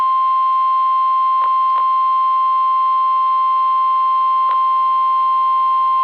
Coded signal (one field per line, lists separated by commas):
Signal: Emergency Alert System (SAME) tones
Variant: 1050 Hz attention tone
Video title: Tornado Warning (EAS#0045) 10/10/2020 [Audio only]